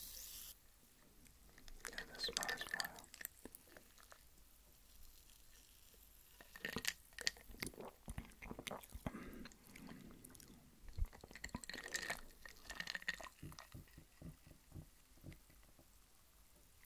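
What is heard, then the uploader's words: Drinking sounds made up of wet sips, swallows and little mouth clicks arriving in irregular bursts. Busy clusters come around two to three seconds, seven to ten, and twelve to fifteen, with quieter gaps between. A few sharp clicks and smacks punctuate the bursts. Drinking KA Soda's DRINKING SOUNDS (SUPER TINGLY).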